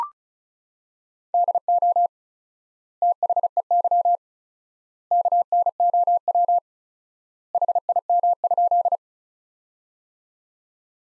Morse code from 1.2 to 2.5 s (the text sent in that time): DO